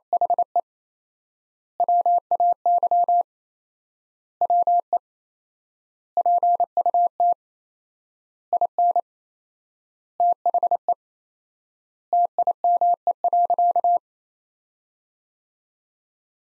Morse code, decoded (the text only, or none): HE WAY WE PUT IN THE TIME.